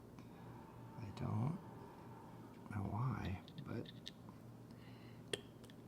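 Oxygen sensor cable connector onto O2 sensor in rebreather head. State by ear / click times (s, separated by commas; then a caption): seated / 5.3 s. A cable connector is pushed onto an O2 sensor in the head of a Dive Talk GO mCCR rebreather. Someone talks quietly, then the connector latches with a sharp click at 5.3 s, seating it.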